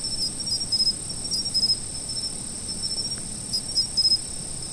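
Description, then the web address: Insects calling, a constant shrill trill overlaid by quick chirp groups that come in short clusters, with quiet low ambient hum. Autumn insects. "sound nature 01 autumn insects"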